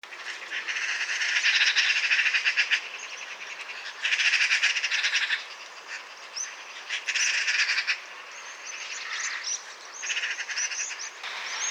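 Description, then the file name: Eurasian magpie chattering in several loud rattling bursts. "Pica pica"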